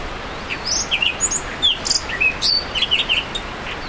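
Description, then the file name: Himalayan forest thrush calling in a quick run of short chirping and scratchy notes, some rising and some falling, over about three seconds against a faint hiss. "thrush-himalayan-forest -Zoothera-salimalii"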